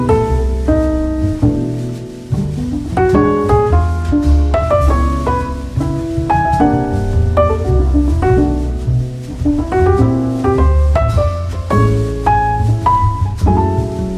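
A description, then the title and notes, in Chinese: Smooth, elegant jazz plays in a café, with a walking low bass line under a shifting run of piano-like chords and melody notes. The music keeps an even loudness throughout, notes changing every half second or so, with no other sounds standing out. 在西西弗咖啡厅听着优雅的爵士乐看会书。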